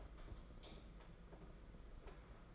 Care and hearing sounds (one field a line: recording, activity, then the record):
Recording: daily activity, microphone in the room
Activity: light off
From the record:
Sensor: 5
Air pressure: 992.0 hPa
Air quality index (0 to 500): 201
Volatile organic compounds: 1000 ppm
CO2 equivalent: 5789 ppm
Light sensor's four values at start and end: 9/23/9/10 and 8/19/7/8